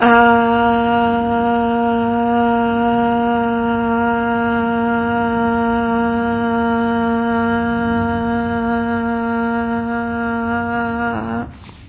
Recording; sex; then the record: sustained vowel /a/; female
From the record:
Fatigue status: no fatigue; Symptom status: symptomatic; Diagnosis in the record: COVID-19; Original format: 3gp